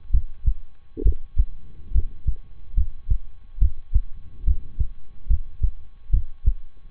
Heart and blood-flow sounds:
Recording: heart sounds by stethoscope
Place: between the tricuspid and mitral areas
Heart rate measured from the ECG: 70 bpm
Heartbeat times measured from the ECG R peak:
0.10 s: heartbeat
1.02 s: heartbeat
1.91 s: heartbeat
2.73 s: heartbeat
3.58 s: heartbeat
4.43 s: heartbeat
5.26 s: heartbeat
6.10 s: heartbeat
From the record:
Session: rest, lying down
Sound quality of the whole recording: good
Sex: male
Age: 23 years

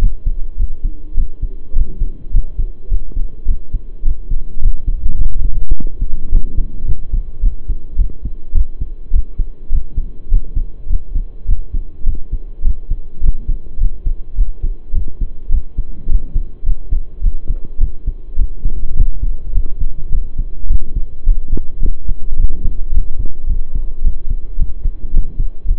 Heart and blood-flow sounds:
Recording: heart sounds by stethoscope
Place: between the tricuspid and mitral areas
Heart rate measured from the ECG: 105 bpm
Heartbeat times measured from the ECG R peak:
0.58 s: heartbeat
1.16 s: heartbeat
1.74 s: heartbeat
2.32 s: heartbeat
2.90 s: heartbeat
3.46 s: heartbeat
4.04 s: heartbeat
4.61 s: heartbeat
5.18 s: heartbeat
5.74 s: heartbeat
6.30 s: heartbeat
6.86 s: heartbeat
7.41 s: heartbeat
7.97 s: heartbeat
8.53 s: heartbeat
9.12 s: heartbeat
9.71 s: heartbeat
10.30 s: heartbeat
10.88 s: heartbeat
11.47 s: heartbeat
12.05 s: heartbeat
12.63 s: heartbeat
13.21 s: heartbeat
13.79 s: heartbeat
14.36 s: heartbeat
14.93 s: heartbeat
15.50 s: heartbeat
16.08 s: heartbeat
16.64 s: heartbeat
17.22 s: heartbeat
17.79 s: heartbeat
18.37 s: heartbeat
18.95 s: heartbeat
19.53 s: heartbeat
20.11 s: heartbeat
20.68 s: heartbeat
21.25 s: heartbeat
21.81 s: heartbeat
22.37 s: heartbeat
22.92 s: heartbeat
23.48 s: heartbeat
24.03 s: heartbeat
24.58 s: heartbeat
25.12 s: heartbeat
25.66 s: heartbeat
From the record:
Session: pedaling a stationary bicycle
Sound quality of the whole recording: saturated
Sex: male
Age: 23 years

